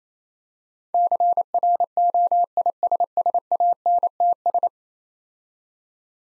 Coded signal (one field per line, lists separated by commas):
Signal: Morse code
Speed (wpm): 28 wpm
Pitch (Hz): 700 Hz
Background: none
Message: CROISSANTS